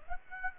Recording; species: mosquito wingbeat signal from an infrared sensor; Aedes aegypti